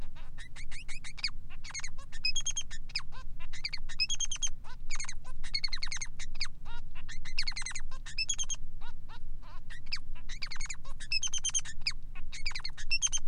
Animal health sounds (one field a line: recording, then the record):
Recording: song of a male Bengalese finch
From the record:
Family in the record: son of father 3